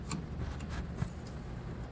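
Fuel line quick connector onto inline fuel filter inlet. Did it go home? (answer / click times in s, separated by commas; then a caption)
no / none. Under a 1999 Mitsubishi Montero Sport, the input fuel line quick-connect coupling is handled against the inlet nipple of a new inline fuel filter. There are light plastic taps and handling noises over a low steady background, with a brief tick near 0.1 s. Nothing has seated or clicked yet.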